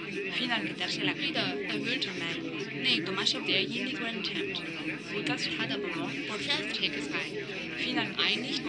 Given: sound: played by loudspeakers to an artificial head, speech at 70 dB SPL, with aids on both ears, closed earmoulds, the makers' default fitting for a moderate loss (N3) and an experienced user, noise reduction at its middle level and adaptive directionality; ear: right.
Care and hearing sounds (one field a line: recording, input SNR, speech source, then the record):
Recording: speech test signal (ISTS) in cocktail-party noise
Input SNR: -6 dB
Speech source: in front (0 degrees)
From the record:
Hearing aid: class 2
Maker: D